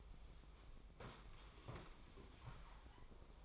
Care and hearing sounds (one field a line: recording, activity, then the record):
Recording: daily activity, microphone in the room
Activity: sit down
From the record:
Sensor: 1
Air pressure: 1005.0 hPa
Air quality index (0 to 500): 124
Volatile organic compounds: 5 ppm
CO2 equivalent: 1729 ppm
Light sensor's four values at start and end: 11/26/10/11 and 11/27/11/11